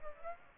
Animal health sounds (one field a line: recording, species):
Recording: mosquito wingbeat signal from an infrared sensor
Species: Aedes aegypti